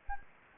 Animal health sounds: mosquito wingbeat signal from an infrared sensor; Anopheles gambiae

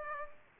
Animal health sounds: mosquito wingbeat signal from an infrared sensor; Aedes aegypti

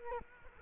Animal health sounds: mosquito wingbeat signal from an infrared sensor; Culex quinquefasciatus

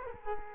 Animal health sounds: mosquito wingbeat signal from an infrared sensor; Culex quinquefasciatus

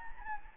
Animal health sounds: mosquito wingbeat signal from an infrared sensor; Anopheles gambiae

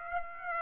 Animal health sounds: mosquito wingbeat signal from an infrared sensor; Aedes aegypti

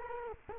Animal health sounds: mosquito wingbeat signal from an infrared sensor; Culex quinquefasciatus

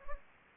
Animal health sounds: mosquito wingbeat signal from an infrared sensor; Anopheles gambiae

